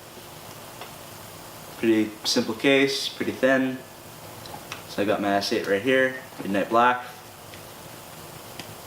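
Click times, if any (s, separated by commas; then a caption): 8.6 s. A midnight black S8 smartphone is pressed into a thin plastic protective case while someone talks. A sharp snap at 8.6 s marks the phone seating in the case.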